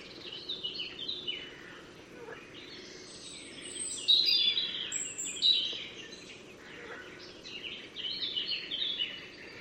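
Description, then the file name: European robin singing varied, high, tinkling and trilling phrases with quick pitch jumps, pausing briefly between bursts, over steady background noise. "Erithacus rubecula"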